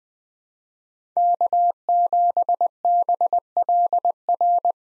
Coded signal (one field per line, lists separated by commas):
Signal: Morse code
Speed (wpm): 21 wpm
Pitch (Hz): 700 Hz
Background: none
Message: K7BLR